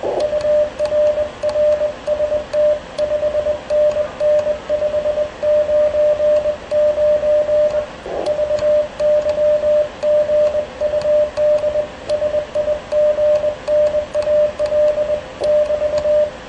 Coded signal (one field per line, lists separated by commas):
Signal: Morse code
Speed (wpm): 21 wpm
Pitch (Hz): 600 Hz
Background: radio noise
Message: UR RST 5NN 599 VY GUD SIGNAL <BT>